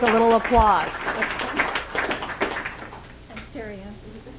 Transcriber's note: audience applauding